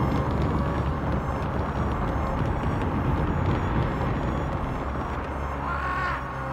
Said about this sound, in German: Gerade als sie nach kurzer Rast hindurch wollten, stürzte mit lautem Gerumpel und Getöse eine Steinlawine herunter.